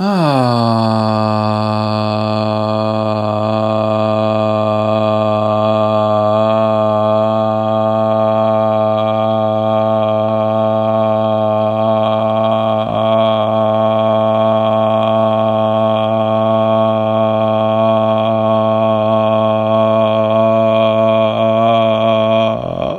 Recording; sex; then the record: sustained vowel /a/; male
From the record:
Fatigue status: fatigue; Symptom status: symptomatic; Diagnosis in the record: COVID-19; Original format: m4a